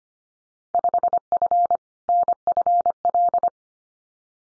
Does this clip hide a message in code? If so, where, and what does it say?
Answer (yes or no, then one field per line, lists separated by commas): yes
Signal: Morse code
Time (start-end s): 0.7-3.5 s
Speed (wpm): 25 wpm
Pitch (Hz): 700 Hz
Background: none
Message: 5F NFL